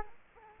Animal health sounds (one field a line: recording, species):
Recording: mosquito wingbeat signal from an infrared sensor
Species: Culex quinquefasciatus